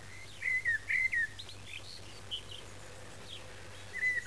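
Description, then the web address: Bird giving a few short whistled chirps in small bursts separated by pauses, with a faint low hum throughout. Recorded at Frómista, Palencia, Castilla y León, Spain. "castilla-leon palencia fromista birds canto"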